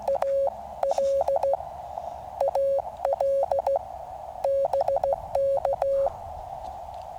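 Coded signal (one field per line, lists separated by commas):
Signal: Morse code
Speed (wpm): 16 wpm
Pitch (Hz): 550 Hz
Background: none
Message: AL AL BK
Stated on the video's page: CW POTA/SOTA activation on Cheaha Mountain, Alabama, 100% portable QRP, with a storm rolling in and a lightning-delay break.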